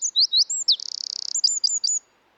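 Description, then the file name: Eurasian wren song fragment: a few swooping high notes, a fast rattling trill, then four sharp clipped notes. "British Library - European Wren Troglodytes troglodytes"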